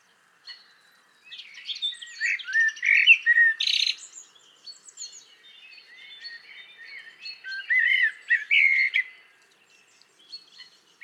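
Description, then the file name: Common blackbird song: low fluted warbling phrases rising into scratchy, twittering flourishes, two main bursts around three and eight seconds, with quieter chattering between. "Turdus merula"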